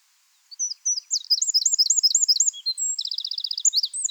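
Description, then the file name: Eurasian wren song: a rush of very high, sharp warbled notes and twittering phrases, then a fast, even, rattling trill and a few final notes, with no other sounds. "Troglodytes troglodytes"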